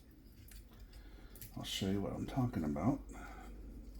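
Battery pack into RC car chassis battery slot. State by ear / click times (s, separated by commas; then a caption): not seated / none. A 3S battery pack is handled at the battery slot of a four-wheel-steer Meus Ripper RC crawler chassis, where it goes between the transmission and onto the Velcro. Someone talks over faint handling noise with a few small knocks. Nothing has seated or clicked yet.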